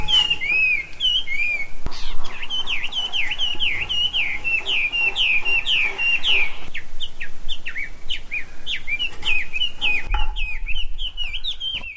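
Bird song of rapid, looping whistled notes in a steady flowing series, with fainter higher chirps and a low background hum.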